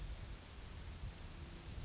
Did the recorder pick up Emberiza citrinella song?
no